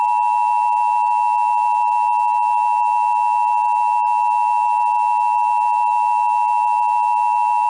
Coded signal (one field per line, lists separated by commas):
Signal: Emergency Alert System (SAME) tones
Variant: 853 and 960 Hz attention tone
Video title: EAS Scenario - The Wind and Spores